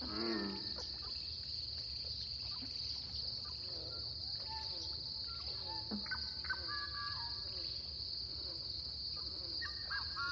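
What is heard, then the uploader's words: A lively dawn chorus in a small pothole coulee in Eastern Washington, with many birds calling over each other in short whistles, chirps and rising phrases. A steady high insect buzz runs throughout, and a low rumble sits underneath. This lively dawn chorus was recorded in a small pothole coulee in Eastern Washington, one of the numerous Seep Lakes of the Channeled Scablands. This is the Columbia Plateau, a large basalt flow cut through by the Columbia River. This is a true Dawn chorus.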